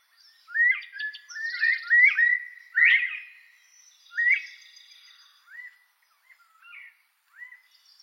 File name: canto da perdiz da virginia